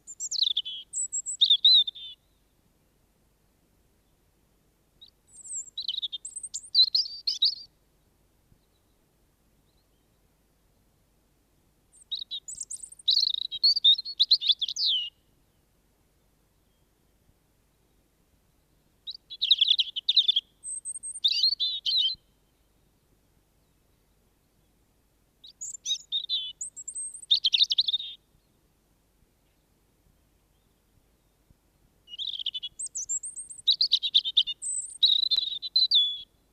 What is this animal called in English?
European Robin